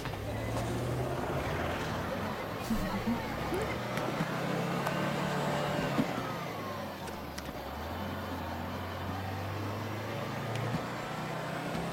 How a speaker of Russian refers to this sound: Когда автобус поехал, парни выпили воду.